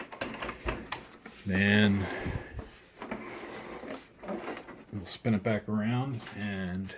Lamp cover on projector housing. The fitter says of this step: push it back down until we hear it click